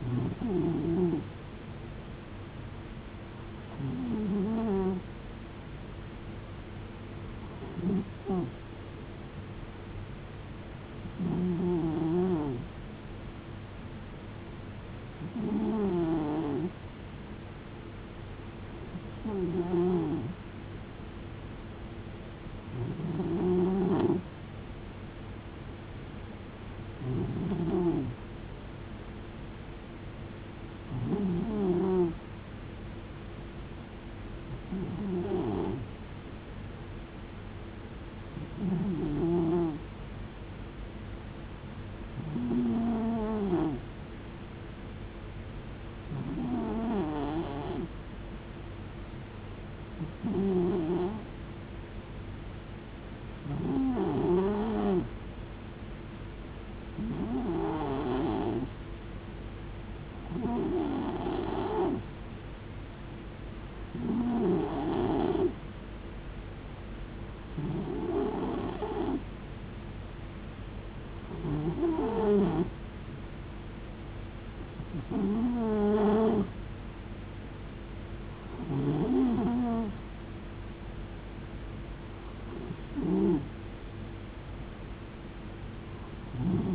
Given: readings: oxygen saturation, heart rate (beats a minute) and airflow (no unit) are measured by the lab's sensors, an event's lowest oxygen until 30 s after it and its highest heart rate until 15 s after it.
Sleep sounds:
breathing in sleep by a voice recorder at the bedside; none
none scored
From the record:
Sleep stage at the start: N2 (light sleep); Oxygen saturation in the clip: 90 to 92%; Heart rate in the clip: 64 to 74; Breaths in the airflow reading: 24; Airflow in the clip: -6.5 to 5.4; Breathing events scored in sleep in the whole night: 389 in 6.3 hours asleep

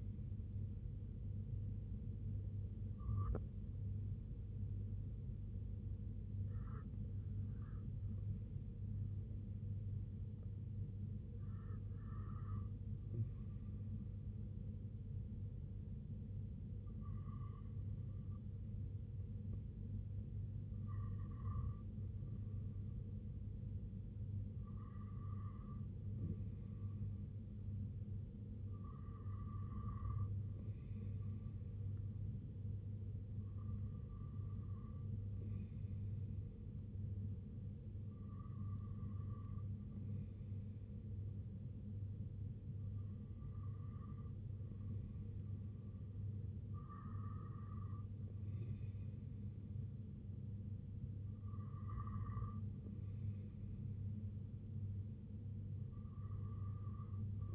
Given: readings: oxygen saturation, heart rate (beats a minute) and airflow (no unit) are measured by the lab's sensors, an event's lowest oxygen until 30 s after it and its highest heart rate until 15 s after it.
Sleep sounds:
breathing in sleep by a smartphone at the bedside; 1
3.00-20.40 s: hypopnea (N1, oxygen 96% highest, then 92% lowest, heart rate 68 at the start, 76 highest)
From the record:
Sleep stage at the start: N1 (lightest sleep); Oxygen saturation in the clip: 92 to 96%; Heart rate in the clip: 64 to 78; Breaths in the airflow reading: 12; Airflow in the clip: -5.8 to 2.9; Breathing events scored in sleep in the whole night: 258 in 7.4 hours asleep

